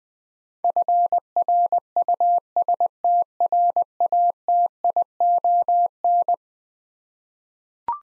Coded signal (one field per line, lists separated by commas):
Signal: Morse code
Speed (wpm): 20 wpm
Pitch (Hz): 700 Hz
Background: none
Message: FRUSTRATION